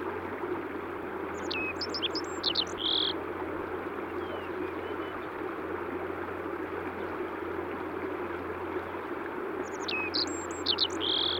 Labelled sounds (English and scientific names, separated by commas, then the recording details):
Black-faced Bunting (Emberiza spodocephala) song
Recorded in the wild
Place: Dzhalmyn, MN
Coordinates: 48.166, 107.736
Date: 1979-06-11 06:05
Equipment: Nagra III BH, Sennheiser MD 21, parabola
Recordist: Schubert, Michael
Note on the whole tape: Gesang Maskenammer